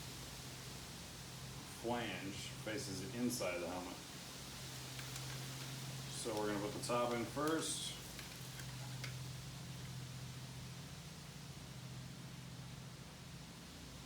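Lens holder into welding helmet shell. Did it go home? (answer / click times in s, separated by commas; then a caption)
no / none. A lens or cover plate holder is fitted into a welding helmet shell, flange facing the inside of the helmet, with the top edge going in first. Someone talks over a steady low hum and background noise, with a brief handling sound near 9.0 s. The clip ends before the holder is pressed home, so nothing has seated or clicked yet.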